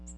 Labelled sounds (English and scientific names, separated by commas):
Ovenbird (Seiurus aurocapilla) flight call